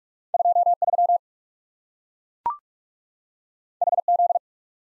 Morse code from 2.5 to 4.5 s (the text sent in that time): H Z